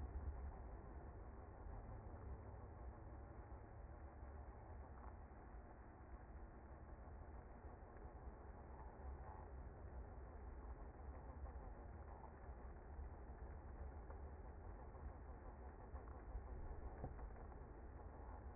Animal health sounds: honeybee colony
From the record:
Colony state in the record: active

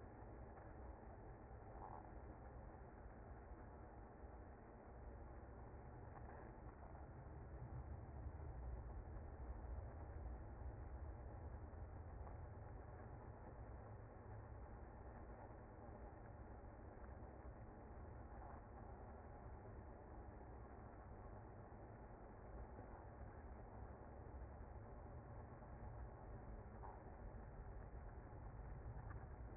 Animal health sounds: honeybee colony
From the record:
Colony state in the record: active

